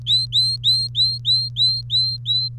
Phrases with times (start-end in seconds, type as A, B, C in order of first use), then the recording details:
0.06-2.48 A. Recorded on 30 April 2018 at 17:41. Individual llb3